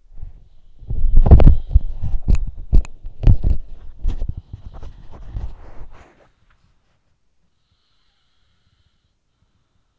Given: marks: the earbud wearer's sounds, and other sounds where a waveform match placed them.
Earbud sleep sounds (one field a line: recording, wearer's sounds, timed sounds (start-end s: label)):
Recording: sounds in sleep by an in-ear microphone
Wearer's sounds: body movement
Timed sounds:
0.00-6.98 s: body movement
7.56-9.99 s: sound from someone else or the room